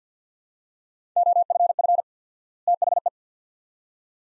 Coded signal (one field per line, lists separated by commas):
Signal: Morse code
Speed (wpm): 50 wpm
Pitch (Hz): 700 Hz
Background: none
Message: OFF THE